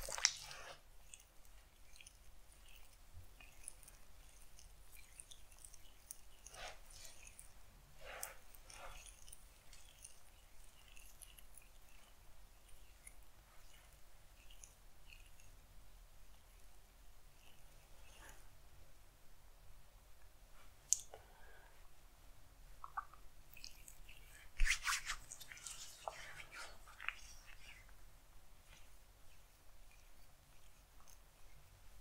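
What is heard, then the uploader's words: A quiet haircut roleplay with soft, intermittent crisp snips and brushing sounds over a low, steady hum. Short bright bursts come every few seconds, with a denser cluster of sharper snipping around 21 to 27 seconds. ASMR Haircut Roleplay.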